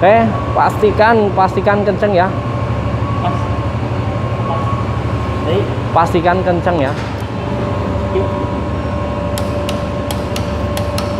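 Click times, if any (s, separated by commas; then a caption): 9.4 s, 9.7 s, 10.1 s, 10.4 s, 10.8 s, 11.0 s. A torque wrench tightens the brake caliper mounting bolts on a Yamaha XMAX 250cc scooter. Someone talks over a steady background hum. The wrench clicks at the set torque at 9.4, 9.7, 10.1, 10.4, 10.8 and 11.0 seconds.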